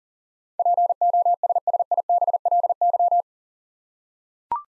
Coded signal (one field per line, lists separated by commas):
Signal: Morse code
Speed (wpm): 40 wpm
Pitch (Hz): 700 Hz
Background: none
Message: POSSIBLY